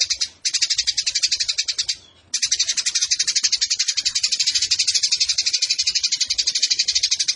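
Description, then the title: Eurasian tree sparrow chattering song: short bursts of quick high chirps, a brief pause, then a sustained, evenly paced stream of sharp notes. Fighting-mode chatter with long rapid bursts and a clear voice, used as a tutor recording for training competition songbirds. "GEREJA TARUNG NEMBAK PANJANG SUARA JERNIH MASTERAN WAJIB BURUNG LOMBA"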